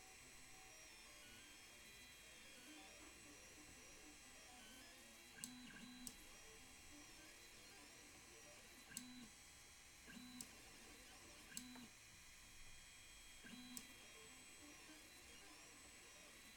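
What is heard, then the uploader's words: A 3D printer drawing an SVG runs with a steady, bright whirring hum throughout. Sharp clicks or ticks land every second or two from about five seconds on, each with a short low thump as the head shifts direction. Test drawing SVG with 3D printer. Testing my program that converts SVGs to G-code for use with 3D printers.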